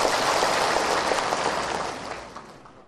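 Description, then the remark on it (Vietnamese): A crowd at a Buddhist dharma program claps steadily to encourage a woman, in a dense, crackling wash of applause that holds strong, then gradually thins and fades toward the end. “Trước khi vào chương trình, xin quý vị chúng ta cho thêm một tràng pháo tay nữa để khích lệ tinh thần cho cô.”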